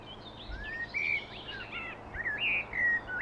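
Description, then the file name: Common blackbird delivering a continuous stream of rounded, flute-like warbled notes that rise and fall, with light hiss behind. "Turdus merula"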